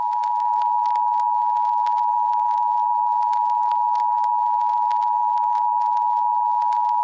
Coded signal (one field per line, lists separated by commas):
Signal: Emergency Alert System (SAME) tones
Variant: 853 and 960 Hz attention tone